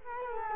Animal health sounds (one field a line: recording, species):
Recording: mosquito wingbeat signal from an infrared sensor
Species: Culex quinquefasciatus